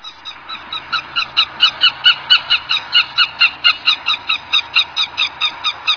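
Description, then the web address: Bird giving a steady series of harsh, harmonic notes, about two per second, holding an even rhythm throughout with little else in the background. Recorded in Higashiosaka, Japan. "higashiosaka bird koe"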